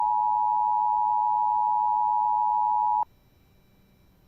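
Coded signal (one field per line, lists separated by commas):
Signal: Emergency Alert System (SAME) tones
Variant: 853 and 960 Hz attention tone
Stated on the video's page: Real Vermont Blue Alert test, issued via CAPIPAWS.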